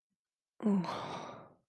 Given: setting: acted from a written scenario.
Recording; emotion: vocal sound without words; contempt